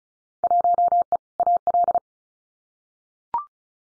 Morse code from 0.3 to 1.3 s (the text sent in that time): 1E